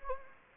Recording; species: mosquito wingbeat signal from an infrared sensor; Anopheles gambiae